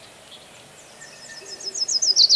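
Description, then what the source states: Myrtle warbler trill, a quick series of high, sharp slurred notes that start faint and grow steadily louder toward the end, over a quiet background. Subspecies Setophaga coronata coronata.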